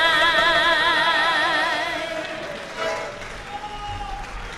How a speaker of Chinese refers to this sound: 谢谢，感谢观众朋友们热情鼓励的掌声。